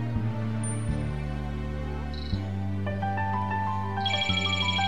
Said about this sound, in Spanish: Teléfono, un momentito.